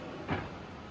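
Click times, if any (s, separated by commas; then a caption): none. The guard cover on a TOS (Czech) OH-6 gear shaper (6 module × 500 mm diameter, 150 mm packing block) is handled as it is closed to be locked before the machine is restarted. A brief, soft low-to-mid thump rises around 0.3 s over a steady background hum. The lid has not latched yet; nothing has seated or clicked.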